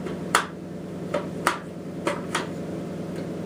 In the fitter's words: magazine won't lock in at all guys it will not lock in here